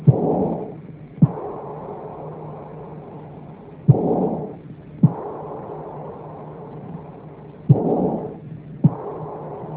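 Adult heart: paired heart sounds recur about every four seconds, each joined by a continuous blowing murmur, a short burst after the first sound and a long one filling the pause after the second. Systolic and diastolic murmurs of aortic insufficiency, a leaking aortic valve.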